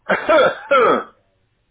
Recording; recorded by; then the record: voluntary cough; telephone call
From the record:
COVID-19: negative